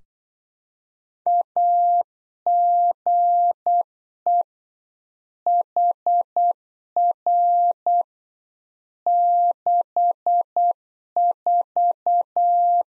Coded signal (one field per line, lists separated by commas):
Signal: Morse code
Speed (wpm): 8 wpm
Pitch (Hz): 700 Hz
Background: none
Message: AGE HR 64